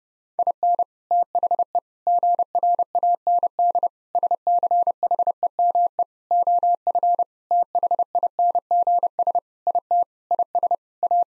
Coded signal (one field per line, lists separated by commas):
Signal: Morse code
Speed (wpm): 32 wpm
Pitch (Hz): 700 Hz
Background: none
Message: IN THE GRAND SCHEME OF THINGS IT IS A